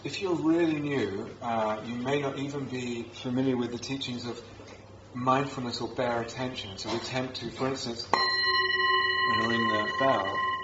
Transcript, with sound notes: If you're really new, you may not even be familiar with the teachings of mindfulness or bare attention. So we tend to, for instance [rings bell] when ringing the bell,